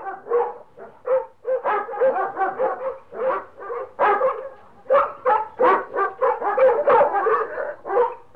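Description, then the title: Dog barking in quick, uneven volleys of sharp yaps, continuing through the whole stretch with brief gaps. "NHK Sound Effects Collection - 3-Frogs, Crickets, Cicadas, Horses, Dogs"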